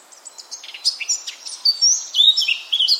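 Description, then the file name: Eurasian blackcap song, a quick run of varied chattering and clear whistled notes that grows louder and richer toward the end. "Sylvia atricapilla"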